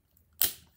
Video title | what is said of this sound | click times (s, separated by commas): Logitech MX Keys how to remove keys | okay I heard a click there as well when you when you hear those two clicks | 0.4 s